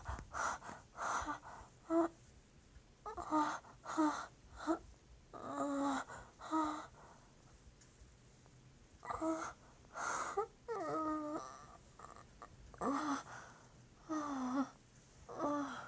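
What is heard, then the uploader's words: Soft female moans come in short bursts every second or two, with quiet pauses around eight and twelve seconds. Short soft female moans.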